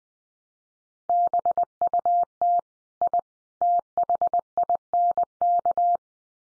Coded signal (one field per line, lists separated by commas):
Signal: Morse code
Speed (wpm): 20 wpm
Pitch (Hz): 700 Hz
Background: none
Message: BUT I THINK